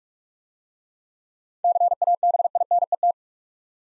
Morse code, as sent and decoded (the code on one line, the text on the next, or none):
-.-. .- -... .. -. . -
CABINET